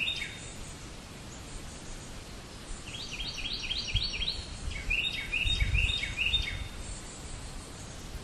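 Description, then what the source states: Bird chirping: two quick runs of several high chirps, with a brief pause between, set against a steady hiss and faint low thumps. Recorded in 2008.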